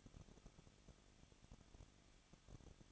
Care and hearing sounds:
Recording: daily activity, microphone in the room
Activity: no activity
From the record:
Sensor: 4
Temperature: 23.1 degrees Celsius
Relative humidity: 34.5%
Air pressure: 1007.2 hPa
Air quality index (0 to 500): 215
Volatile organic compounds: 15 ppm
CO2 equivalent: 2489 ppm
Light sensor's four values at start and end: 2/3/1/1 and 2/3/1/1

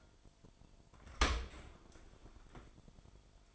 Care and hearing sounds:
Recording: daily activity, microphone in the room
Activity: open dishwasher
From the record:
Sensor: 5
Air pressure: 1003.2 hPa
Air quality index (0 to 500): 127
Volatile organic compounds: 1 ppm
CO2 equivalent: 935 ppm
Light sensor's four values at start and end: 69/168/70/78 and 67/161/67/75

